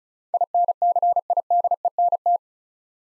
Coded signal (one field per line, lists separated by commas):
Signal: Morse code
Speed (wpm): 36 wpm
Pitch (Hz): 700 Hz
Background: none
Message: INCIDENT